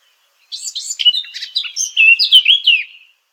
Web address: sylvia atricapilla call